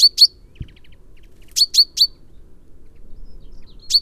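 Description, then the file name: Common Chaffinch uttering short, sharp high notes in twos and threes, with one soft low knock early on and a quiet background. "Fringilla coelebs"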